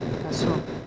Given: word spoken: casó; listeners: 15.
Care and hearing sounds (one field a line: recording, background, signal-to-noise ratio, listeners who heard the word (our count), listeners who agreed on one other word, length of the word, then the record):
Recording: one Spanish word in noise, from a listening test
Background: noise modulated by three-talker babble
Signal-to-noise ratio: -4.2 dB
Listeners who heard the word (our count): 3 of 15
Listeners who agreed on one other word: 9 of 15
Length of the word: 0.47 s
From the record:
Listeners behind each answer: 9, 3, 1, 1, 1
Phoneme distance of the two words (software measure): 10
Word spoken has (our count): 2 syllables, 4 phonemes, stress on syllable 2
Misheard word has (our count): 2 syllables, 4 phonemes, stress on syllable 2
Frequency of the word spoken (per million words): 8.53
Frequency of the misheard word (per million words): 109.09